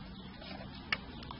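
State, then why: Not seated. A plastic wiring harness connector is handled and pushed toward the alternator socket on a 3.6 Volkswagen Passat during an alternator replacement. Soft handling and rustling are heard, with a brief sharp tick near 0.9 s and faint ticks later. The connector has not seated or clicked yet.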